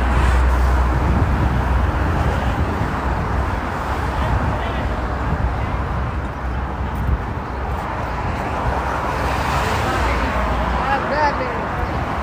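On a city bus, a steady low engine rumble runs throughout while murmured voices talk over it, with faint brief squeaks near the end.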